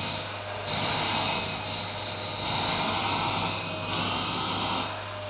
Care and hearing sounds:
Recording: daily activity, microphone in the room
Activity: vacuum cleaning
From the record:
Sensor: 2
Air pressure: 990.9 hPa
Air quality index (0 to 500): 135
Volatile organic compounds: 177 ppm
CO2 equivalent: 4132 ppm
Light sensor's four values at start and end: 21/50/20/20 and 21/50/20/20

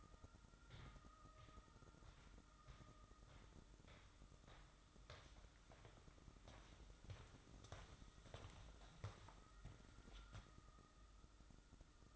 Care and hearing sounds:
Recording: daily activity, microphone in the room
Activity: walk to room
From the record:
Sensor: 3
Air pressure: 1008.2 hPa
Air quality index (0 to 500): 132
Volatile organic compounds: 2 ppm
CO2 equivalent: 1095 ppm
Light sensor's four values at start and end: 9/22/9/8 and 8/20/8/8

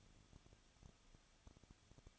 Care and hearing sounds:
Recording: daily activity, microphone in the room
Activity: no activity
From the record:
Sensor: 4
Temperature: 23.1 degrees Celsius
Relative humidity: 34.0%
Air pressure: 1007.2 hPa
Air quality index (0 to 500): 215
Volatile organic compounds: 15 ppm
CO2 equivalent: 2483 ppm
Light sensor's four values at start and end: 2/3/1/1 and 2/3/1/1

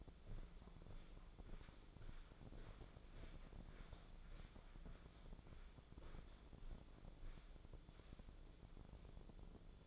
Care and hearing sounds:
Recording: daily activity, microphone in the room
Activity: walk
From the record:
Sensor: 5

